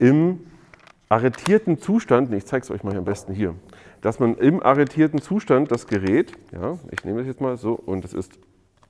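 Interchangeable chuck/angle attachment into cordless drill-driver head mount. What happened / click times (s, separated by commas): The attachment is handled but has not clicked into place / none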